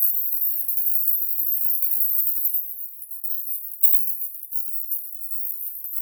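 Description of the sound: A faint, very high-pitched shimmering hiss sits near the top of hearing. It stays steady throughout, with a gentle drop in loudness after the midpoint. It is a synthetic tinnitus masking sound, a 14 kHz distractor meant to cover high-pitched ringing in the ears.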